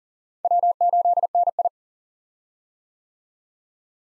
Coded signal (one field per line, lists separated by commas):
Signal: Morse code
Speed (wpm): 40 wpm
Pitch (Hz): 700 Hz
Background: none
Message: W8NI